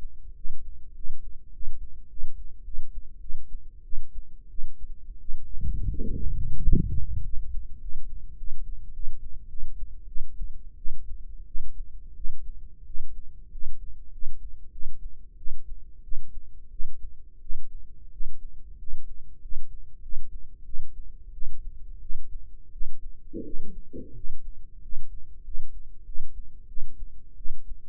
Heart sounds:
heart sounds by microphone in the right ear; 93 bpm
0.34 s: heartbeat
0.93 s: heartbeat
1.51 s: heartbeat
2.08 s: heartbeat
2.63 s: heartbeat
3.19 s: heartbeat
3.82 s: heartbeat
4.48 s: heartbeat
5.18 s: heartbeat
5.88 s: heartbeat
6.56 s: heartbeat
7.22 s: heartbeat
7.78 s: heartbeat
8.35 s: heartbeat
8.92 s: heartbeat
9.48 s: heartbeat
10.06 s: heartbeat
10.76 s: heartbeat
11.45 s: heartbeat
12.14 s: heartbeat
12.84 s: heartbeat
13.50 s: heartbeat
14.10 s: heartbeat
14.70 s: heartbeat
15.36 s: heartbeat
16.01 s: heartbeat
16.69 s: heartbeat
17.39 s: heartbeat
18.10 s: heartbeat
18.77 s: heartbeat
19.40 s: heartbeat
20.00 s: heartbeat
20.63 s: heartbeat
21.31 s: heartbeat
21.99 s: heartbeat
22.70 s: heartbeat
23.43 s: heartbeat
24.13 s: heartbeat
24.80 s: heartbeat
25.42 s: heartbeat
26.04 s: heartbeat
26.66 s: heartbeat
27.35 s: heartbeat
From the record:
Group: healthy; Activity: rest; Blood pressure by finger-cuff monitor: 104/72 mmHg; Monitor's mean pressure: 85 mmHg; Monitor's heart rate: 94 bpm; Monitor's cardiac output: 7.7 L/min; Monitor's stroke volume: 84 mL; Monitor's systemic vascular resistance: 800 dyn s/cm5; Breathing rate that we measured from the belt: 11 breaths a minute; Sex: female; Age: 19 years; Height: 163 cm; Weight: 51 kg

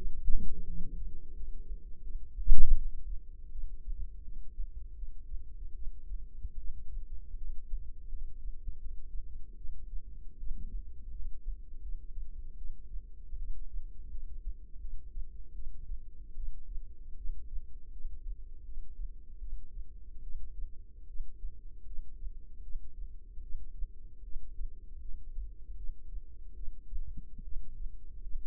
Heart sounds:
heart sounds by microphone in the left ear; 78 bpm
0.68 s: heartbeat
1.35 s: heartbeat
2.02 s: heartbeat
2.75 s: heartbeat
3.51 s: heartbeat
4.24 s: heartbeat
4.96 s: heartbeat
5.75 s: heartbeat
6.57 s: heartbeat
7.37 s: heartbeat
8.09 s: heartbeat
8.78 s: heartbeat
9.57 s: heartbeat
10.39 s: heartbeat
11.12 s: heartbeat
11.82 s: heartbeat
12.57 s: heartbeat
13.38 s: heartbeat
14.10 s: heartbeat
14.80 s: heartbeat
15.54 s: heartbeat
16.36 s: heartbeat
17.17 s: heartbeat
17.92 s: heartbeat
18.64 s: heartbeat
19.40 s: heartbeat
20.22 s: heartbeat
21.08 s: heartbeat
21.86 s: heartbeat
22.62 s: heartbeat
23.42 s: heartbeat
24.23 s: heartbeat
25.01 s: heartbeat
25.76 s: heartbeat
26.55 s: heartbeat
27.44 s: heartbeat
28.22 s: heartbeat
From the record:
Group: healthy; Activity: rest 0-5 s, light exercise 5-8 s, rest 8-28 s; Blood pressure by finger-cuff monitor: 140/82 mmHg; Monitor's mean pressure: 102 mmHg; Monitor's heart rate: 79 bpm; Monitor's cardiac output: 7.4 L/min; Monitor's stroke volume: 93 mL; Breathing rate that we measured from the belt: 18 breaths a minute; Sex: female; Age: 22 years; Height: 161 cm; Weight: 65.5 kg

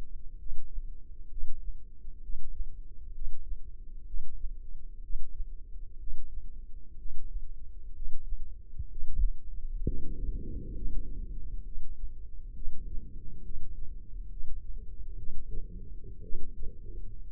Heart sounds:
heart sounds by microphone in the left ear; 64 bpm
0.36 s: heartbeat
1.28 s: heartbeat
2.20 s: heartbeat
3.11 s: heartbeat
4.04 s: heartbeat
5.00 s: heartbeat
5.97 s: heartbeat
6.95 s: heartbeat
7.92 s: heartbeat
8.87 s: heartbeat
9.82 s: heartbeat
10.71 s: heartbeat
11.62 s: heartbeat
12.52 s: heartbeat
13.41 s: heartbeat
14.27 s: heartbeat
15.15 s: heartbeat
16.21 s: heartbeat
From the record:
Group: healthy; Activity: Valsalva maneuver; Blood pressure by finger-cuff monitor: 148/82 mmHg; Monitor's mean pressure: 96 mmHg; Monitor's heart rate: 65 bpm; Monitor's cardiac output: 5.2 L/min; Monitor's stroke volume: 81 mL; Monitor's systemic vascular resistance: 1390 dyn s/cm5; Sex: male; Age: 25 years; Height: 170 cm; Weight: 70.4 kg

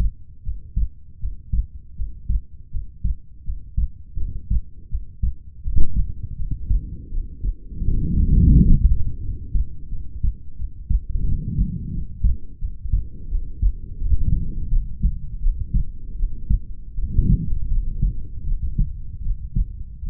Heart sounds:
heart sounds by stethoscope; 83 bpm
0.42 s: heartbeat
1.19 s: heartbeat
1.95 s: heartbeat
2.70 s: heartbeat
3.43 s: heartbeat
4.16 s: heartbeat
4.88 s: heartbeat
5.61 s: heartbeat
6.35 s: heartbeat
7.09 s: heartbeat
7.83 s: heartbeat
8.51 s: heartbeat
9.20 s: heartbeat
9.89 s: heartbeat
10.56 s: heartbeat
11.24 s: heartbeat
11.91 s: heartbeat
12.59 s: heartbeat
13.28 s: heartbeat
13.98 s: heartbeat
14.69 s: heartbeat
15.40 s: heartbeat
16.16 s: heartbeat
16.95 s: heartbeat
17.69 s: heartbeat
18.44 s: heartbeat
19.22 s: heartbeat
20.04 s: heartbeat
From the record:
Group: healthy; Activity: breath hold 0-4 s, rest 4-20 s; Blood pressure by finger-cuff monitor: 117/79 mmHg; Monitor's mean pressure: 94 mmHg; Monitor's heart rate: 82 bpm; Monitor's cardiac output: 6.7 L/min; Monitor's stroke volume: 81 mL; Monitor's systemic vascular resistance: 1030 dyn s/cm5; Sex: female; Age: 22 years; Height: 160 cm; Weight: 45 kg

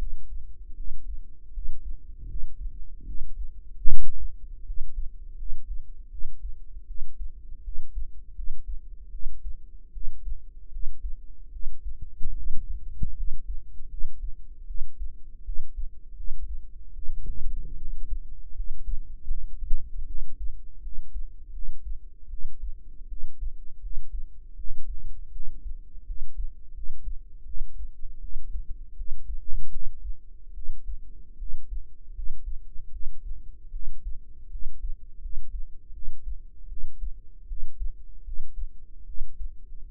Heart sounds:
heart sounds by microphone in the right ear; 78 bpm
0.76 s: heartbeat
1.53 s: heartbeat
2.27 s: heartbeat
3.05 s: heartbeat
3.87 s: heartbeat
4.64 s: heartbeat
5.37 s: heartbeat
6.10 s: heartbeat
6.86 s: heartbeat
7.63 s: heartbeat
8.34 s: heartbeat
9.11 s: heartbeat
9.92 s: heartbeat
10.71 s: heartbeat
11.51 s: heartbeat
12.35 s: heartbeat
13.15 s: heartbeat
13.88 s: heartbeat
14.66 s: heartbeat
15.44 s: heartbeat
16.15 s: heartbeat
16.93 s: heartbeat
17.77 s: heartbeat
18.54 s: heartbeat
19.27 s: heartbeat
20.06 s: heartbeat
20.81 s: heartbeat
21.52 s: heartbeat
22.29 s: heartbeat
23.07 s: heartbeat
23.80 s: heartbeat
24.55 s: heartbeat
25.31 s: heartbeat
26.05 s: heartbeat
26.73 s: heartbeat
27.45 s: heartbeat
28.20 s: heartbeat
28.95 s: heartbeat
29.70 s: heartbeat
30.53 s: heartbeat
31.37 s: heartbeat
32.13 s: heartbeat
32.91 s: heartbeat
33.71 s: heartbeat
34.49 s: heartbeat
35.20 s: heartbeat
35.92 s: heartbeat
36.67 s: heartbeat
37.47 s: heartbeat
38.23 s: heartbeat
39.05 s: heartbeat
39.90 s: heartbeat
From the record:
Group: healthy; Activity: rest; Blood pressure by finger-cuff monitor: 99/57 mmHg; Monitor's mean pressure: 71 mmHg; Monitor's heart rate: 79 bpm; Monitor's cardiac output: 7.3 L/min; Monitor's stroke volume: 93 mL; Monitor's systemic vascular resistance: 690 dyn s/cm5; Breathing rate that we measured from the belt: 22 breaths a minute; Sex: female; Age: 19 years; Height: 163 cm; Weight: 48.9 kg

